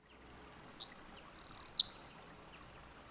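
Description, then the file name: Eurasian wren song: high, rapid slurred phrases tumbling into a brisk trill of repeated sharp notes, over faint background hiss. "Troglodytes troglodytes"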